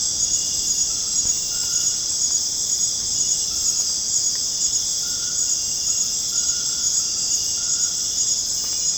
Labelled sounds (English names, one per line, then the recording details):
none
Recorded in dense forest near Puerto Asís, Putumayo, Colombia, on 30 June 2025 at 19:00
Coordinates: 0.486, -76.317
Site G065